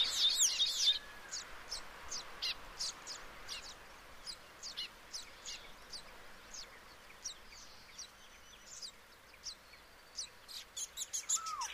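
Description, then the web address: Baya weaver chips, high and sharp, given in loose irregular series; a brief louder chatter at the start and again near the end. "Baya weaver. صدای-پرنده-جولای-بایا"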